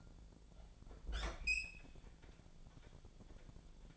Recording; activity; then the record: daily activity, microphone in the room; open fridge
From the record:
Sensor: 5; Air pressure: 1000.2 hPa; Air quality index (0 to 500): 105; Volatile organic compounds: 1 ppm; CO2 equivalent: 843 ppm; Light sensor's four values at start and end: 231/549/234/255 and 233/554/236/258